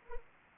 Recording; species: mosquito wingbeat signal from an infrared sensor; Anopheles arabiensis